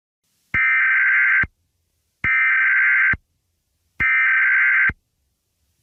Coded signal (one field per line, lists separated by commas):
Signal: Emergency Alert System (SAME) tones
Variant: header bursts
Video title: EAS Scenario #9: The Masked Man